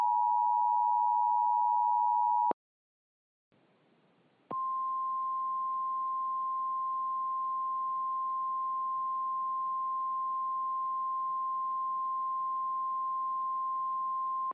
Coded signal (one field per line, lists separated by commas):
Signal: Emergency Alert System (SAME) tones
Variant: 853 and 960 Hz attention tone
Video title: Hawaii Hurricane (EAS Scenario)